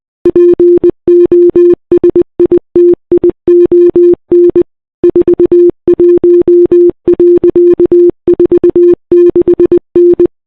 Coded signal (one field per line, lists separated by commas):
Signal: Morse code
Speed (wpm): 21 wpm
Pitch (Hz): 340 Hz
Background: none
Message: POSITION 41.46N